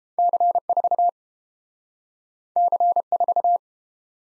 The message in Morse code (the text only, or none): C4 C4